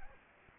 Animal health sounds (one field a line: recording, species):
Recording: mosquito wingbeat signal from an infrared sensor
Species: Anopheles arabiensis